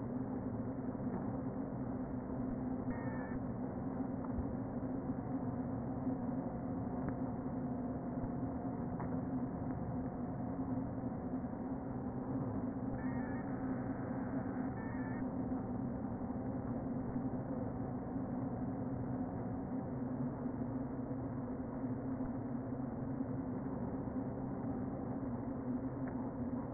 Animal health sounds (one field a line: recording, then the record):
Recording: honeybee colony, microphone inside the hive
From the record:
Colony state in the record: queen present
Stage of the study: before two queens were removed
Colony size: about 60,000 bees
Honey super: yes